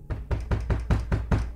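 Someone bangs hard on a closed house door in a rapid, steady rhythm, about seven heavy, booming thumps in under two seconds, loud and insistent, with no voices.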